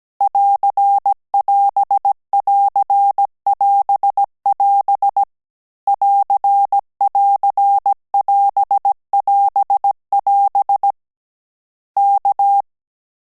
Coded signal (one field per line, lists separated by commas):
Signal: Morse code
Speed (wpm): 17 wpm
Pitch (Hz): 800 Hz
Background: none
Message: <AR><AS><AR><AS><AS> <AR><AR><AS><AS><AS> K